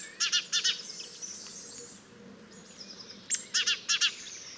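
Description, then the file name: Great tit giving harsh, buzzy chattering notes in quick bursts, one at the start and another near the end, with faint high notes and low background hum between. "Parus major"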